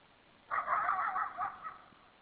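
Coyote call, a single wavering, tremulous burst of about a second, then silence.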